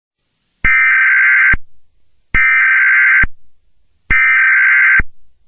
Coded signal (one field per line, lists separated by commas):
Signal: Emergency Alert System (SAME) tones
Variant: header bursts